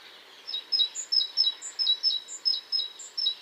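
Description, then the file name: Great tit singing a ringing, repeated two-note phrase at an even pace, with a few higher thin notes mixed in over faint background noise. "Cinciallegra"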